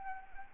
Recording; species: mosquito wingbeat signal from an infrared sensor; Anopheles arabiensis